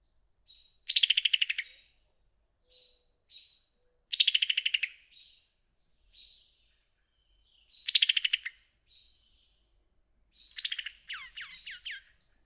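Summer tanager rattle: a quick series of sharp ticking notes sliding downward, given four times, the last run followed by descending slurred whistles; soft background chirps.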